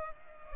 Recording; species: mosquito wingbeat signal from an infrared sensor; Culex pipiens